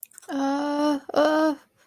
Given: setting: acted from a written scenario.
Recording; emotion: vocal sound without words; realization